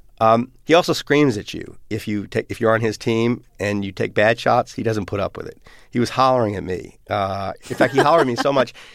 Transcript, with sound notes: He also screams at you if you - if you're on his team and you take bad shots, he doesn't put up with it. He was hollering at me.
(LAUGHTER)
In fact, he hollered at me so much